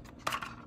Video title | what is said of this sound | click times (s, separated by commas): MPC Models 1/48 scale Space 1999 Hawk unboxing review | And you can lock them in place. | 0.3 s